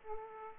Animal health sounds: mosquito wingbeat signal from an infrared sensor; Aedes aegypti

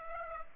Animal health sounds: mosquito wingbeat signal from an infrared sensor; Aedes aegypti

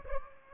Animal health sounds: mosquito wingbeat signal from an infrared sensor; Aedes aegypti

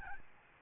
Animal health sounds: mosquito wingbeat signal from an infrared sensor; Aedes albopictus

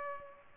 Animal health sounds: mosquito wingbeat signal from an infrared sensor; Culex pipiens

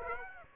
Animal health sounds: mosquito wingbeat signal from an infrared sensor; Aedes aegypti

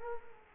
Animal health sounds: mosquito wingbeat signal from an infrared sensor; Culex quinquefasciatus

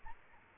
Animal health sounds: mosquito wingbeat signal from an infrared sensor; Aedes albopictus

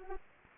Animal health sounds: mosquito wingbeat signal from an infrared sensor; Anopheles arabiensis

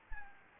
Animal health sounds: mosquito wingbeat signal from an infrared sensor; Anopheles gambiae

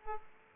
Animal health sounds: mosquito wingbeat signal from an infrared sensor; Aedes aegypti

